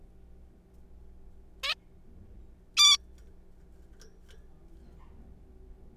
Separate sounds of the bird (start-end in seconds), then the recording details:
1.64-1.74, 2.77-2.97. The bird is a juvenile. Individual R3428